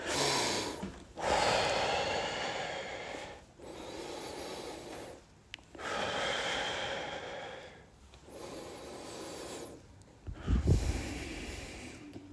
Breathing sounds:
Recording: deep breathing after running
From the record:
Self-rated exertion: vigorous exertion (4 of 6)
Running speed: 8 miles an hour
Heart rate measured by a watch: 127 beats a minute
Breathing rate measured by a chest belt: 21 breaths a minute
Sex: male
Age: 57 years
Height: 170 cm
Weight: 58 kg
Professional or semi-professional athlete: no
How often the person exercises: 3 to 5 times a week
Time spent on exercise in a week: 4 to 5 hours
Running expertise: no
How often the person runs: 3 to 5 times a week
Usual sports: running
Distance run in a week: 50 km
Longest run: 50 km

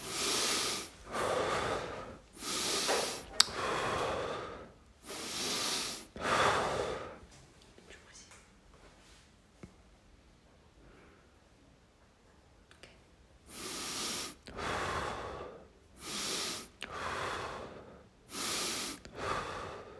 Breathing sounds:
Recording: deep breathing after running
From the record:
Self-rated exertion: light exertion (2 of 6)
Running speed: 7 miles an hour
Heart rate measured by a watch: 103 beats a minute at the start, 98 at the end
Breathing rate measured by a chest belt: 20 breaths a minute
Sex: male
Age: 23 years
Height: 172 cm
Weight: 73 kg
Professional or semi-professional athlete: no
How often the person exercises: 3 to 5 times a week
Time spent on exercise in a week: over 5 hours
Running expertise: yes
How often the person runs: 3 to 5 times a week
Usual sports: running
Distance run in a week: 40 km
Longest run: 20 km

